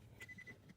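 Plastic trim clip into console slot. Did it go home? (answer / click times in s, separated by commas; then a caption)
no / none. A plastic console trim clip is pressed into its slot by thumb and felt into the hole because it does not click into place. Only low, quiet handling noise with a faint steady tone is heard, plus a soft tap at 0.7 s. Nothing has clicked or seated yet.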